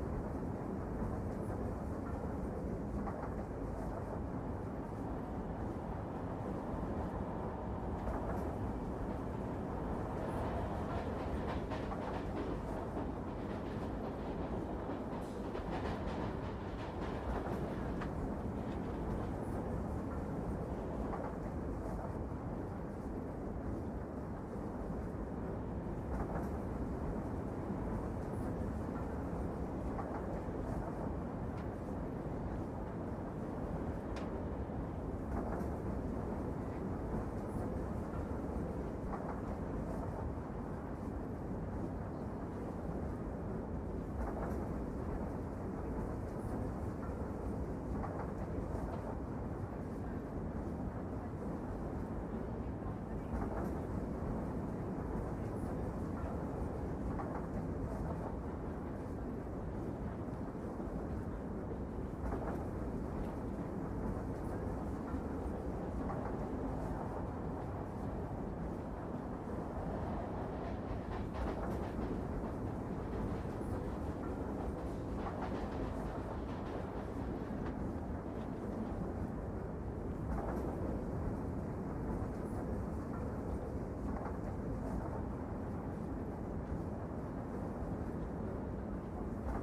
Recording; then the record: background sound without coughing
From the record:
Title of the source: Train Ride Ambience ambient white noise for sleeping, focus, studying, reading